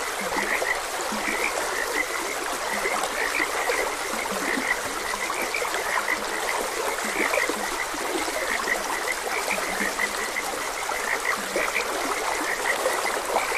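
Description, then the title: Frogs croaking, short high notes repeated irregularly with low croaks beneath, over a steady stream. Frogs croaking beside a gentle stream. "Gentle Stream and Frogs Croaking"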